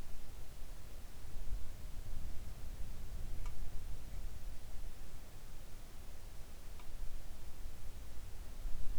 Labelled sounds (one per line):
near silence